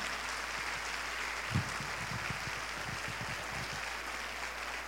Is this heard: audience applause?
yes